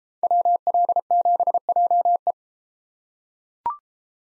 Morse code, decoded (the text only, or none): WL7JE